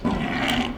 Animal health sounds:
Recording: contact call of a hoofed animal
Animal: wild boar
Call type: grunt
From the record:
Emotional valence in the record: negative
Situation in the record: naturally occurring agonistic interactions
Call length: 0.78 s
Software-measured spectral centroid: 2440 Hz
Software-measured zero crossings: 1870 a second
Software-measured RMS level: -24 dBFS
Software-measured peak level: -15 dBFS

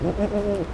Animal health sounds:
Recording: contact call of a hoofed animal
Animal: goat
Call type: low-frequency (closed-mouth) or high-frequency (open-mouth) call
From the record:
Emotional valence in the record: negative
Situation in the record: short social isolation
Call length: 0.74 s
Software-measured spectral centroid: 1450 Hz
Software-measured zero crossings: 960 a second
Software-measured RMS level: -24 dBFS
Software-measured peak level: -10 dBFS

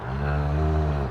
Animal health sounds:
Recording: contact call of a hoofed animal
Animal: cattle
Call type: low-frequency (closed-mouth) or high-frequency (open-mouth) call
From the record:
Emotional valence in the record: negative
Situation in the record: full separation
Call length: 1.11 s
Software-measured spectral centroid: 1140 Hz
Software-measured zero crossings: 690 a second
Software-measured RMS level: -24 dBFS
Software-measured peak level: -13 dBFS

